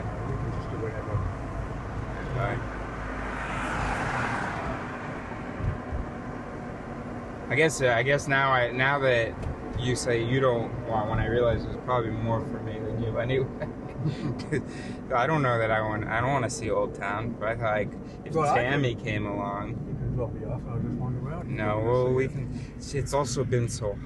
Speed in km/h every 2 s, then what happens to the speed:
51, 47, 47, 43, 41, 38, 32, 28, 26, 23, 21, 13.
0-24 slows to 13.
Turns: none.